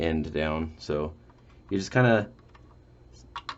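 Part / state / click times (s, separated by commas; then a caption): M.2 SSD into motherboard M.2 socket / seated / 3.4 s, 3.5 s. Someone talks while an M.2 SSD is slipped at an angle into its M.2 socket on a motherboard. It clicks in with two short, sharp clicks at 3.4 s and 3.5 s, leaving the far end of the drive lifted up. The drive is seated.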